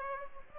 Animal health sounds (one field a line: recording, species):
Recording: mosquito wingbeat signal from an infrared sensor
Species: Aedes aegypti